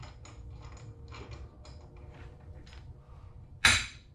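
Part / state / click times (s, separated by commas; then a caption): hubcentric ring onto a car wheel hub / seated / 3.7 s. A hubcentric ring is pushed into place on a car's wheel hub while the wheel is being fitted. After several seconds of faint rustling and handling noise, a loud, sharp click rings out at 3.6 seconds. The ring is seated.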